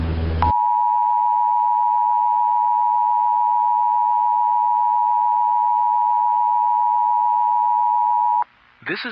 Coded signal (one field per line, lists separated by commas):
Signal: Emergency Alert System (SAME) tones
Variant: 853 and 960 Hz attention tone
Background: speech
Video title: EAS Scenario | The Incursion | Emergency Alert System